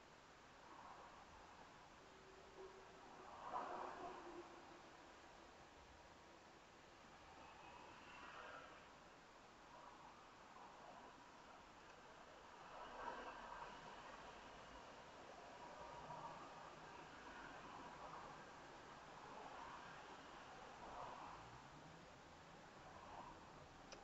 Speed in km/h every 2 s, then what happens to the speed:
5, 3, 0, 0, 0, 0, 0, 6, 6, 5, 11, 26.
3-12 standing. 12-14 pulls away to 6. 14-19 steady at about 6. 19-24 speeds up to 26.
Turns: none.